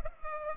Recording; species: mosquito wingbeat signal from an infrared sensor; Culex pipiens